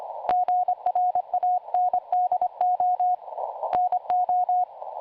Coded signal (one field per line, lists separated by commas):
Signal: Morse code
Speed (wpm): 25 wpm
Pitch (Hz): 720 Hz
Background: none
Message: GRANDO NO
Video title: PY2YD e PY1AX QSO RX SDR PARD.